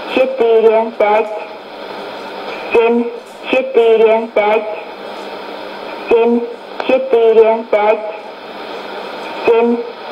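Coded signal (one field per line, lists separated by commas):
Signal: numbers station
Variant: S06s, Russian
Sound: a woman's voice reading short words in even groups over shortwave radio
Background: radio static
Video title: 27 06 2018 S06s Russian Lady numbers station in Russian to Eu 0730 on 12110 unknown tx site USB+AM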